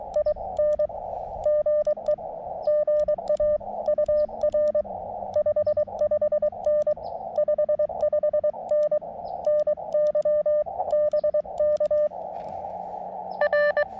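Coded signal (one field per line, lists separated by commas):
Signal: Morse code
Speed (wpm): 23 wpm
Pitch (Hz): 600 Hz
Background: radio noise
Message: I N GE GA UR 55N 55N NY BK R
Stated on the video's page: CW Parks On The Air activation using an Elecraft KX2 with AX1 antenna on a tripod.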